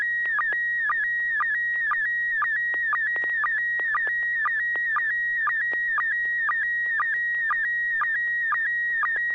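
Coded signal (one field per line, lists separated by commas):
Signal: SSTV (slow-scan television)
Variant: PD120 mode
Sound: warbling tone around 2 kHz with rhythmic clicks twice a second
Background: low hum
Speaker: Sure, I will send a photo PD 120.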